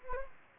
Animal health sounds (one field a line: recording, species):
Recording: mosquito wingbeat signal from an infrared sensor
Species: Anopheles gambiae